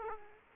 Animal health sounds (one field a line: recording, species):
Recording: mosquito wingbeat signal from an infrared sensor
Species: Aedes aegypti